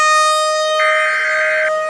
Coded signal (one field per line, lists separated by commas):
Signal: Emergency Alert System (SAME) tones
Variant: header bursts